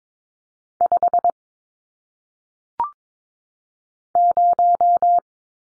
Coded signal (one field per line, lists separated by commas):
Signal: Morse code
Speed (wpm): 22 wpm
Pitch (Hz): 700 Hz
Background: none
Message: 5 0